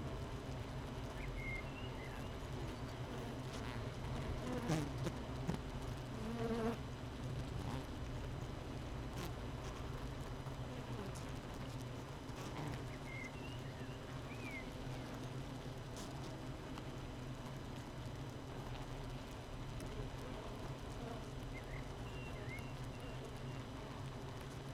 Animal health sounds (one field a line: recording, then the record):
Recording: honeybee colony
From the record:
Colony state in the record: missing queen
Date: 31 May 2018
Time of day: 7:26